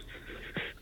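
A single abrupt, forceful burst of air near the end of a brief quiet stretch: one sneeze from an adult man.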